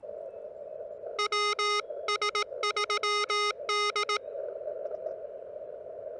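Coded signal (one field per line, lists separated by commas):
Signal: Morse code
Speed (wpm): 18 wpm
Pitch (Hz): 1250 Hz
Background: none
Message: WS3D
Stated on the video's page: CW pile-up during a park activation, Elecraft KX2 with homebrew vertical whip and four radials, Bamatech TP III key, battery powered.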